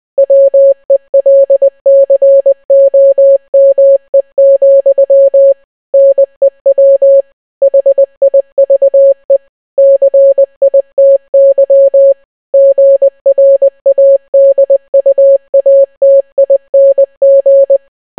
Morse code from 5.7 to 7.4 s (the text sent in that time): NEW